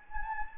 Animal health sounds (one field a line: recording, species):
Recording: mosquito wingbeat signal from an infrared sensor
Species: Anopheles gambiae